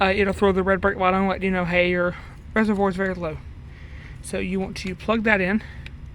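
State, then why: Not seated. On a 1999 Ford Explorer during a brake booster replacement, the low-brake-fluid level sensor harness connector is being handled to plug into the sensor on the master cylinder reservoir, which warns when the reservoir is low. A man talks throughout, with brief quiet gaps and faint background noise. Nothing has seated or clicked yet by the end of the clip.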